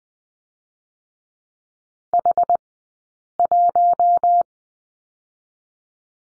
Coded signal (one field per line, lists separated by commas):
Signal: Morse code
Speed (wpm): 19 wpm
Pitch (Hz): 700 Hz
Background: none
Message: H1